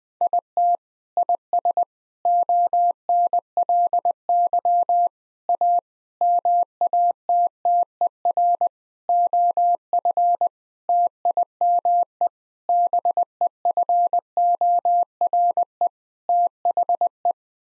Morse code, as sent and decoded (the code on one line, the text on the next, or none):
.. - / .. ... / --- -. .-.. -.-- / .- / -- .- - - . .-. / --- ..-. / - .. -- . / -... . ..-. --- .-. . / - .... .
IT IS ONLY A MATTER OF TIME BEFORE THE